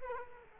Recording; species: mosquito wingbeat signal from an infrared sensor; Culex quinquefasciatus